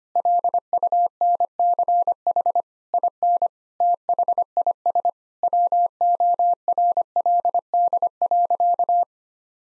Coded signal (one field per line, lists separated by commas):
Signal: Morse code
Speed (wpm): 25 wpm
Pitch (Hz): 700 Hz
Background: none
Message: LUNCH IN THIS WORLD.